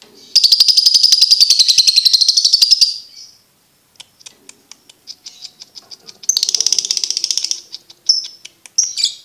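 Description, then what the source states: Lovebird chattering: long rapid trills of shrill buzzy notes, a pause with soft clicks, then another fast chattering trill. For birds to learn the ngekek song style.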